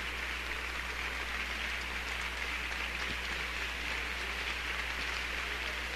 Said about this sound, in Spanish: Y bueno, el aplauso nutrido hace que Eduardo García Barrios salga nuevamente al escenario para agradecer la acogida del público jalapeño que se da cita todos los viernes para escuchar a la Orquesta Sinfónica de Jalapa.